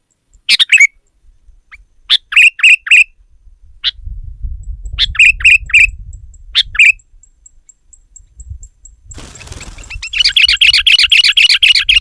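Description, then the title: Sooty-headed bulbul singing repeated fluty note groups, followed by a brief noisy rustle and then a rapid run of fast chattering notes. "kutilang"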